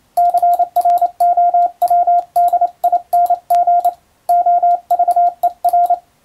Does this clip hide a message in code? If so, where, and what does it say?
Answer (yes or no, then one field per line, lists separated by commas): yes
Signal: Morse code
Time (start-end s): 0.2-5.9 s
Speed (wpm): 28 wpm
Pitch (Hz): 700 Hz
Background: radio noise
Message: CROWDING OVER